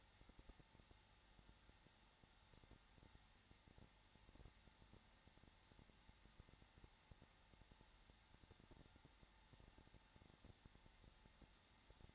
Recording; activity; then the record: daily activity, microphone in the room; no activity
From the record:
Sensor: 3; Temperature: 21.3 degrees Celsius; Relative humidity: 33.3%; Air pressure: 994.5 hPa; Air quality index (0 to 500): 168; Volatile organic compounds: 3 ppm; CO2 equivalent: 1459 ppm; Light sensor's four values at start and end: 2/3/2/2 and 2/3/2/2